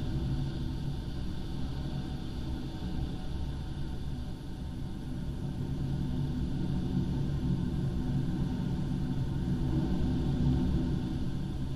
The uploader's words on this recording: Storm Frank recorded indoors. Storm Frank as recorded on Anglesey, Wales, from inside the house behind double-glazing and it's still raucously loud.